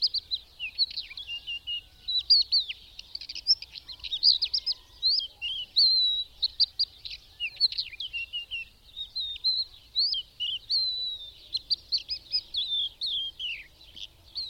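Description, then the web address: Birds singing a lively stream of high chirps, twitters and quick whistled notes, bursts following one another with hardly a pause. "madarak enek"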